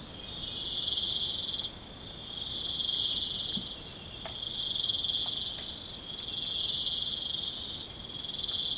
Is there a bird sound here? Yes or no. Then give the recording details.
no. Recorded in pastures near Puerto Asís, Putumayo, Colombia, on 30 June 2025 at 03:00. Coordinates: 0.472, -76.331. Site G095